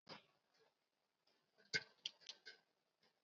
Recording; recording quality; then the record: shallow breathing; excellent, no background noise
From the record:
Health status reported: COVID-19 positive, no symptoms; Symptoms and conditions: sore throat, muscle pain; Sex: female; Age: 50 years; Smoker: not ticked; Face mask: not worn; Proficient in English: no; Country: India